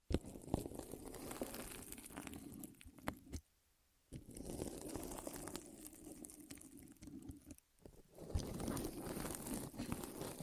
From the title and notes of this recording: ASMR Rolling On Your Ears (No Talking).